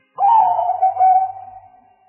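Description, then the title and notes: Spotted dove coo: a single mellow, slightly wavering phrase that starts strongly and trails off into a long, fading, level note. Lure calls used for bird catching; a collection of spotted dove calls. "Pikat Burung Tekukur Paling Ampuh. Kumpulan suara burung tekukur paling ampuh"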